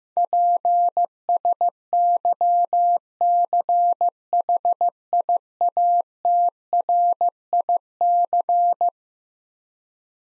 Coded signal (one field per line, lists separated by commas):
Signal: Morse code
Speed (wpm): 15 wpm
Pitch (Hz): 700 Hz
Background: none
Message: PSYCHIATRIC